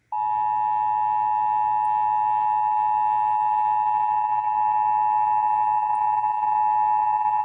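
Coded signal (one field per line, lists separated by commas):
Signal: Emergency Alert System (SAME) tones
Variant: 853 and 960 Hz attention tone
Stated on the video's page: Texas Required Monthly Test as aired on AM, FM and TV broadcast stations.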